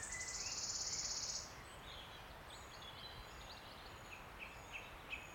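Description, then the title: Wood warbler trill: a loud, high, shivering trill ends after about a second and a half, leaving soft chirps and whistles from other birds. Male singing from the canopy of tangled oak trees in an ancient oak wood, on a steep-sided wooded valley in South Wales, in May, just after rain had stopped. "Sound Escape. listen to the cascade of wood warbler song in an ancient oak wood"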